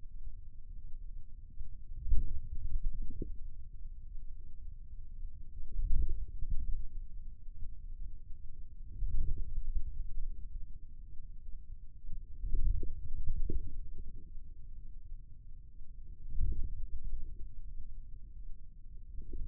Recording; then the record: forearm muscle sounds (acoustic myography)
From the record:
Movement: wrist flexion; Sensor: system 2, bracelet of six BSWA MPA416 microphones around the upper forearm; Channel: 3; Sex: male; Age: 22 years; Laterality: right